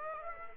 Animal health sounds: mosquito wingbeat signal from an infrared sensor; Aedes aegypti

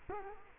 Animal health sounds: mosquito wingbeat signal from an infrared sensor; Culex quinquefasciatus

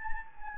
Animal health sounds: mosquito wingbeat signal from an infrared sensor; Anopheles gambiae

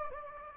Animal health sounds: mosquito wingbeat signal from an infrared sensor; Anopheles gambiae

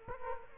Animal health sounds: mosquito wingbeat signal from an infrared sensor; Culex quinquefasciatus

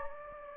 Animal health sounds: mosquito wingbeat signal from an infrared sensor; Anopheles gambiae

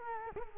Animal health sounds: mosquito wingbeat signal from an infrared sensor; Culex quinquefasciatus

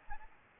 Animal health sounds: mosquito wingbeat signal from an infrared sensor; Aedes albopictus

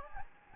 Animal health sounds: mosquito wingbeat signal from an infrared sensor; Anopheles gambiae

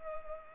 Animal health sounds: mosquito wingbeat signal from an infrared sensor; Culex pipiens

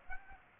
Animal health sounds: mosquito wingbeat signal from an infrared sensor; Aedes aegypti

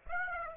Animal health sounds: mosquito wingbeat signal from an infrared sensor; Aedes aegypti

